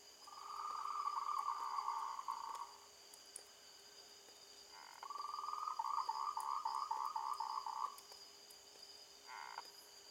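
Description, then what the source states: Frog trilling: a pulsed, even trill lasting about two seconds, then a second, longer bout of about three seconds, and a short burst at the end, over faint background hiss. Recorded at night on 16 March 2021.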